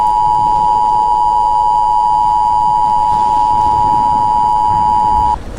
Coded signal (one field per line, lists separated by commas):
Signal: Emergency Alert System (SAME) tones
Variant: 853 and 960 Hz attention tone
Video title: EAS Scenario #9 - Return of the Bubonic Plague